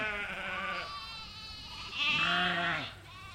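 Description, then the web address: Sheep bleating twice: a baa that fades out, then after a short pause a louder baa, with another starting at the end. A group bleating. "Sound Effects-Foundation 1 ANIMAL SHEEP DORPER GROUP BAA"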